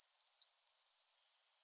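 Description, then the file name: Eurasian blue tit song: one very high thin whistle sliding down, then a fast ringing trill of several notes that fades out. "Cyanistes caeruleus"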